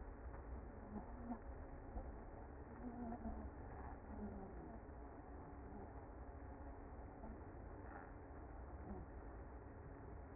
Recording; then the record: honeybee colony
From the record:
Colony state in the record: active